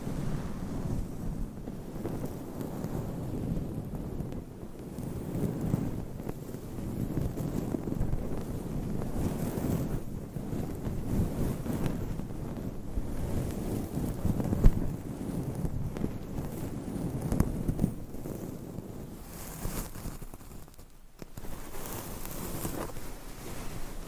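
Microphone scratching against a cover fills the clip with a continuous low, rough rustling and rubbing that swells and fades in uneven strokes. A sharp tap stands out near the middle, and the scraping briefly drops away just after twenty seconds before resuming.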